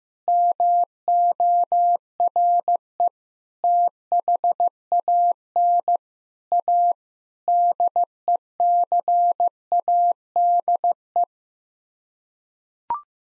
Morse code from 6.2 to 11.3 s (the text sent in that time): A DECADE